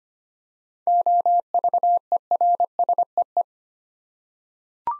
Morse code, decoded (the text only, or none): OVERSEE